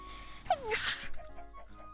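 A quick voiced intake falling in pitch, then one sharp hissing burst: a single ordinary sneeze.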